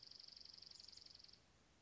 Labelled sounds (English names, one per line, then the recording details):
Dark-eyed Junco
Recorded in Sonoma County, California